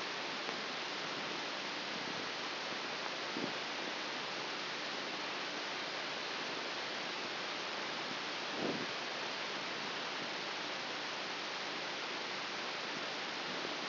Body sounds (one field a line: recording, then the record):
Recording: brain microelectrode recording played as sound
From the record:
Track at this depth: inside the subthalamic nucleus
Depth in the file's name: 4.398 mm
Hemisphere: left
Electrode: 3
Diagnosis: Parkinson's disease